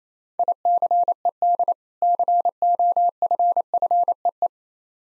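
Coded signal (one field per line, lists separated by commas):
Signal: Morse code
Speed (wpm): 28 wpm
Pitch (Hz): 700 Hz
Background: none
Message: ICED COFFEE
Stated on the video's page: Morse practice of difficult words at 28 wpm, each preceded by a contextual hint.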